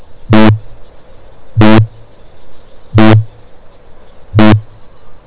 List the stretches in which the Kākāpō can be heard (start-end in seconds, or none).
0.00-5.26